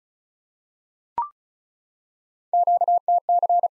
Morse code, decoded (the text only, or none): QTC